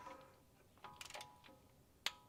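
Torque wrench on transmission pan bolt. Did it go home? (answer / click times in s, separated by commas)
yes / 2.1 s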